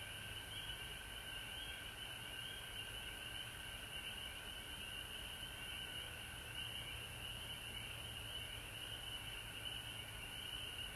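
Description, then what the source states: Frogs calling nonstop in chorus, a high wavering trill above a steady lower tone, continuous overlapping calls with low background rumble. Frogs recorded at home in Georgia on March 19, 2020.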